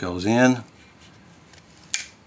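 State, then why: Seated. An extension tube, or lens, is turned on a camera's bayonet mount while someone talks. It snaps in with a sharp, loud click at 1.9 seconds as the latch engages and locks it in place.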